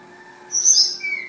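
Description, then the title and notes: Flowerpecker song: a brief, very high, thin whistled phrase, then a lower thin note, over a steady low hum. Tledekan/sulingan bird called Ababil, from Kudus. "Tledekan/Sulingan ABABIL. Suara Burung Tledekan Ababil dari Kudus"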